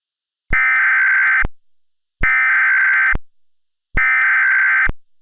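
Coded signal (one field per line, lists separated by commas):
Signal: Emergency Alert System (SAME) tones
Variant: header bursts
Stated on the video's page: Valid EAS tones in an entirely fictional scenario.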